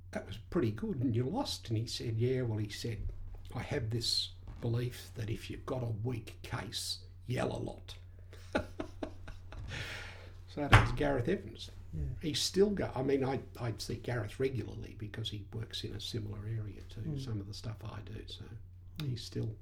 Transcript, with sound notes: ‘That was pretty good and you lost’ and he said ‘Yes’ and he said ‘I have this belief that if you’ve got a weak case, yell a lot’ [laughs] So that was Gareth Evans. He’s still going. I see Gareth regularly because he works in a similar area to some of the stuff I do, so he’s still…